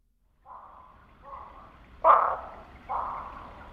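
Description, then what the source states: Barking frog: a couple of soft notes, then one sharp loud bark followed by a weaker note. Call, recorded in Texas.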